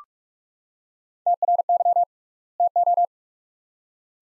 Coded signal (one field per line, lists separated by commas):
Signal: Morse code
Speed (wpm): 46 wpm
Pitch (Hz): 700 Hz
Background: none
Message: TRY TO